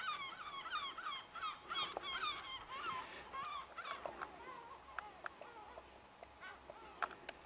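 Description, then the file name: Yellow-legged gull long call: a rapid series of harsh, yelping harmonic notes over about four seconds, then trailing into scattered sharp clicks and faint background hiss. Adult of the Atlantic form giving long calls at Lagoa do Fogo, 13 March 2012. "atlantic yellow-legged gull ad lagoa de fogo 13 mar 2012 long calls"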